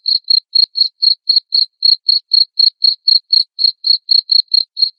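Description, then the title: Cricket chirps: shrill, evenly spaced pulses about four per second, unbroken throughout. Loud cricket chirping (ngerik), played to make lovebirds keep singing (ngekek). "Suara JANGKRIK NGERIK Keras Bikin LOVEBIRD Jadi NGEKEK Terus Vubey"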